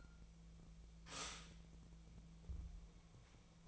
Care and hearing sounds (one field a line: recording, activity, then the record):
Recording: daily activity, microphone in the room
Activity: stop toaster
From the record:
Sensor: 1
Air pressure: 1000.3 hPa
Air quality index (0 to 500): 157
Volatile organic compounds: 3 ppm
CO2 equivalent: 1466 ppm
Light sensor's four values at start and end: 30/74/31/37 and 30/74/31/37